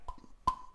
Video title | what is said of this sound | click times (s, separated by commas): Beretta 34 shoot and field strip | little pop that frees the barrel up so we can take the barrel out the top | 0.5 s